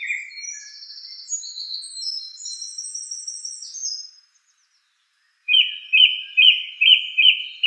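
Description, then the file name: Song thrush pouring out high, thin, trilled phrases, falling silent, then repeating a loud clipped note several times. "suara-kicauan-burung-song-thrush 7-omkicau"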